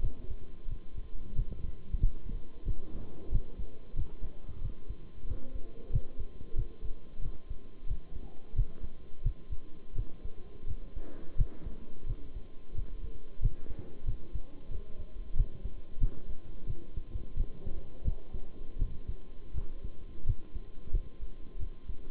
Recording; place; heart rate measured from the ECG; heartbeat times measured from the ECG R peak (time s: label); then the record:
heart sounds by stethoscope; between the tricuspid and mitral areas; 89 bpm
0.01 s: heartbeat
0.68 s: heartbeat
1.34 s: heartbeat
2.00 s: heartbeat
2.65 s: heartbeat
3.30 s: heartbeat
3.95 s: heartbeat
4.61 s: heartbeat
5.26 s: heartbeat
5.91 s: heartbeat
6.55 s: heartbeat
7.21 s: heartbeat
7.86 s: heartbeat
8.55 s: heartbeat
9.23 s: heartbeat
9.95 s: heartbeat
10.66 s: heartbeat
11.37 s: heartbeat
12.06 s: heartbeat
12.74 s: heartbeat
13.41 s: heartbeat
14.05 s: heartbeat
14.70 s: heartbeat
15.35 s: heartbeat
16.00 s: heartbeat
16.66 s: heartbeat
17.36 s: heartbeat
18.04 s: heartbeat
18.78 s: heartbeat
19.54 s: heartbeat
20.25 s: heartbeat
20.92 s: heartbeat
21.58 s: heartbeat
From the record:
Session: bicycle stress test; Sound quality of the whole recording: good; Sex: male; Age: 23 years